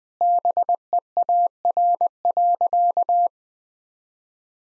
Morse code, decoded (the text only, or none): BEAR.